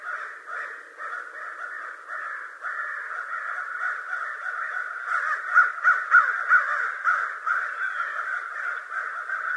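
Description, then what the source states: American crow caws, harsh and nasal, overlapping in a steady chorus that grows louder and more distinct in the second half, with quick caws in rapid succession. Recorded on 25 November 2011.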